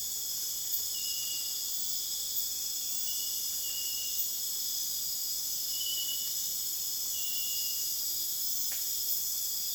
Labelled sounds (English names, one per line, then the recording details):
none
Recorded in dense forest near Puerto Asís, Putumayo, Colombia, on 29 June 2025 at 00:30
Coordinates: 0.484, -76.325
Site H65